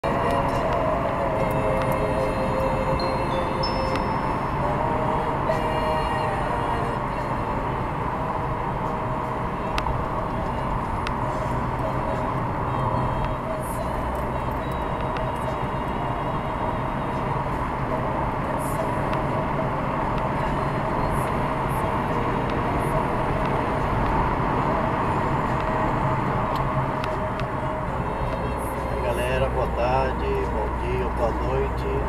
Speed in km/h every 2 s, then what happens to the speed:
66, 67, 63, 60, 58, 59, 59, 62, 65, 68, 69, 73, 65, 59, 56, 57.
0-12 steady at about 60. 12-22 speeds up to 73. 22-27 slows to 56.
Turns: none.